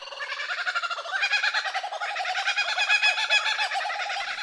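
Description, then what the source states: Laughing Kookaburra laughing call: a rapid, rhythmic run of hoarse, chuckling notes that grows louder after the first second and carries on throughout. Laughing call, used to establish territory among family groups, heard mostly at dawn and dusk; found only in Australia, Tasmania and New Zealand; formerly called the laughing jackass.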